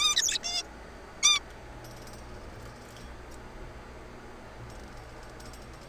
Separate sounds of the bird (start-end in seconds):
0.01-0.38, 0.43-0.62, 1.23-1.40